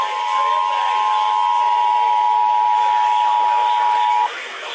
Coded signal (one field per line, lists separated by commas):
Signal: Emergency Alert System (SAME) tones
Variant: 853 and 960 Hz attention tone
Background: speech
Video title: FLASH FLOOD EMERGENCY... EAS Alerts from 8/15/20 (EAS #4,933 - 4,965)